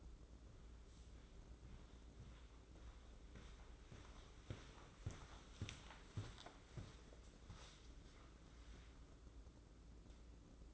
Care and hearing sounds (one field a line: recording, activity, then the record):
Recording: daily activity, microphone in the room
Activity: walk to room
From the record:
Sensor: 3